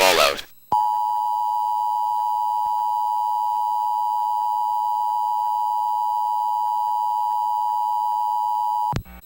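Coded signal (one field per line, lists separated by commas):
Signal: Emergency Alert System (SAME) tones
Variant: 853 and 960 Hz attention tone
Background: speech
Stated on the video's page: Fictional NOAA Weather Radio station alert around a nuclear event.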